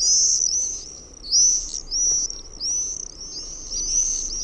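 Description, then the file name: Common Swift calls, loud piercing screams repeated in a series. "TERVAPAASKY"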